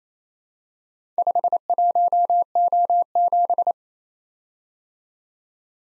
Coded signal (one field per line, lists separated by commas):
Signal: Morse code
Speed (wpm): 31 wpm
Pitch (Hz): 700 Hz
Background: none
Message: 51O7